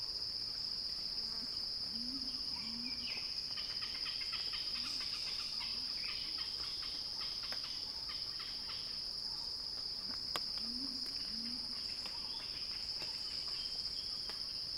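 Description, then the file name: Cicada song, a constant high buzzing hum, joined by busy bird chirping in the middle and a few low, short warbled notes. Described as a cicada crescendo; recorded by Axel Drioli. "earth-fm Axel-Drioli Cicada-Crescendo-Sounding-Wild"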